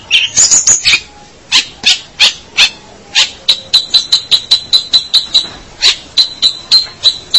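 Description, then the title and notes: Long-tailed shrike song: a few harsh notes and sharp chips, then a quick series of repeated high, thin whistled notes. Dated 201703 (March 2017). "Pentet 201703. Suara burung pentet"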